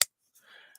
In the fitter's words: nice song pop to it when it locks into place strong lock up